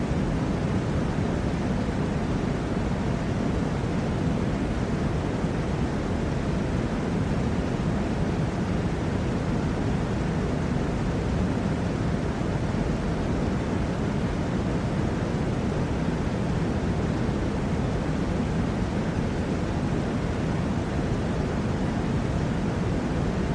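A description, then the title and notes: A fan runs at a constant level, producing an even, dense whoosh with no breaks or changes. The sound is weighted toward a low, full rumble with a softer airy hiss above it, unvarying from start to finish. Sleep Sounds Fan Noise.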